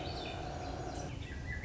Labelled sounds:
Swainson's Thrush (Catharus ustulatus)
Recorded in Sonoma County, California

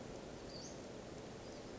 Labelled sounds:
Western Flycatcher (Empidonax difficilis)
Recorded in Sonoma County, California

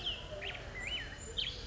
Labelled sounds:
Black-headed Grosbeak (Pheucticus melanocephalus)
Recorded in Sonoma County, California

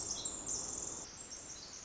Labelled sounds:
Pacific Wren (Troglodytes pacificus)
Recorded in Sonoma County, California

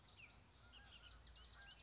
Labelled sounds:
Bullock's Oriole (Icterus bullockii)
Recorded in Sonoma County, California

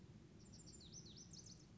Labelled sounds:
Lazuli Bunting (Passerina amoena)
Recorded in Sonoma County, California

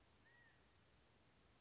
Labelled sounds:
California Quail (Callipepla californica)
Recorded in Sonoma County, California

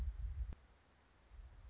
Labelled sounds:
Anna's Hummingbird (Calypte anna)
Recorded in Sonoma County, California

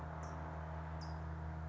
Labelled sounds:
California Towhee (Melozone crissalis)
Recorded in Sonoma County, California

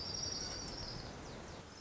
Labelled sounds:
Orange-crowned Warbler (Leiothlypis celata)
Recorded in Sonoma County, California

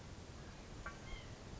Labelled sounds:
White-breasted Nuthatch (Sitta carolinensis)
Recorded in Sonoma County, California

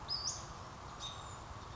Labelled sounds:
American Robin (Turdus migratorius)
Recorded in Sonoma County, California

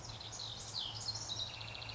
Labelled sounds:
House Wren (Troglodytes aedon)
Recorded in Sonoma County, California

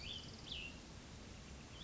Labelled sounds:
Cassin's Vireo (Vireo cassinii)
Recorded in Sonoma County, California

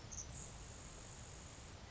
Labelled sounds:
Grasshopper Sparrow (Ammodramus savannarum)
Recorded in Sonoma County, California

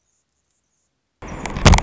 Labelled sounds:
Anna's Hummingbird (Calypte anna)
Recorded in Sonoma County, California

